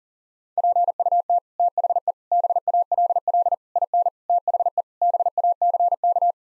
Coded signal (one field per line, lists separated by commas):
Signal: Morse code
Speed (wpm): 40 wpm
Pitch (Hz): 700 Hz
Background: none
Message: PUT THE BALL IN THE BACK